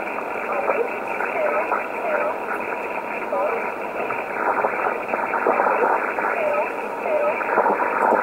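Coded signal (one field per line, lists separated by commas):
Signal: numbers station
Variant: E11 Oblique, English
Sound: faint voice reading short, spaced words through heavy shortwave hiss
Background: radio static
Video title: 03 09 2019 E11 Oblique Numbers station in English 1206 on 6923 unknown tx site in USB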